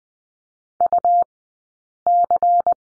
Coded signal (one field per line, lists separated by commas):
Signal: Morse code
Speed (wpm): 20 wpm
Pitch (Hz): 700 Hz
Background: none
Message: UC